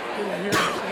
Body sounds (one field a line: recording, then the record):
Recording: coughing mixed with background sound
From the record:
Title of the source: 31 night wet cough